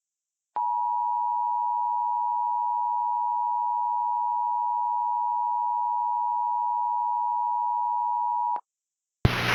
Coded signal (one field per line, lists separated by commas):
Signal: Emergency Alert System (SAME) tones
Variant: 853 and 960 Hz attention tone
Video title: Tornado Warning - EAS Mock